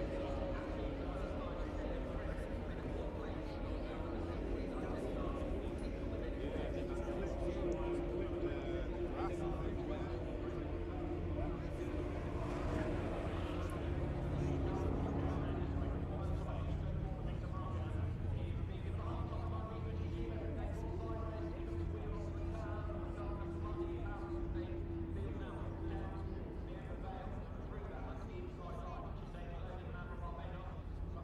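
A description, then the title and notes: A Formula 3 race runs under a constant, dense roar with a heavy low rumble. Engine whines rise and fall in pitch through the middle and again near the end, while a man's voice talks almost continuously over the steady crowd-like wash. This is a recording of the first fours laps of a Formula 3 race from the 2022 British Grand Prix weekend at Silverstone.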